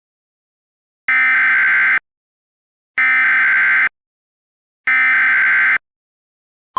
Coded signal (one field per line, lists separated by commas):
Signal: Emergency Alert System (SAME) tones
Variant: header bursts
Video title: thirty years: an EAS scenario